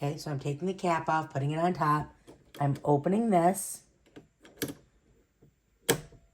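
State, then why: Seated. Someone talks while taking the cap off a 0.4 plastic marker pen, putting it on top, and opening the accessory clamp of a cutting machine. A few small taps and clicks follow as the pen is pushed down into the clamp. It clicks into place with a sharp snap at 5.9 s, and the pen is seated.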